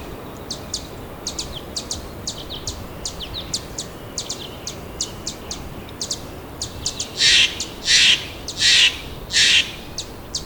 Broad-tailed Hummingbird call recorded in the Alluvial Fan area of Rocky Mountain National Park.